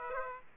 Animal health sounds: mosquito wingbeat signal from an infrared sensor; Aedes aegypti

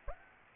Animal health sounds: mosquito wingbeat signal from an infrared sensor; Aedes aegypti

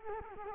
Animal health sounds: mosquito wingbeat signal from an infrared sensor; Culex quinquefasciatus

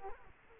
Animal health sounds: mosquito wingbeat signal from an infrared sensor; Culex quinquefasciatus

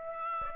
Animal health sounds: mosquito wingbeat signal from an infrared sensor; Aedes aegypti

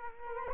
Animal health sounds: mosquito wingbeat signal from an infrared sensor; Culex quinquefasciatus

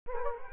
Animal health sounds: mosquito wingbeat signal from an infrared sensor; Culex quinquefasciatus

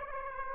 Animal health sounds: mosquito wingbeat signal from an infrared sensor; Aedes aegypti

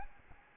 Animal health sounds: mosquito wingbeat signal from an infrared sensor; Aedes albopictus

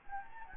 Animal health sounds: mosquito wingbeat signal from an infrared sensor; Anopheles gambiae

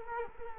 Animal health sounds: mosquito wingbeat signal from an infrared sensor; Culex quinquefasciatus

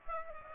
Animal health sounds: mosquito wingbeat signal from an infrared sensor; Aedes aegypti

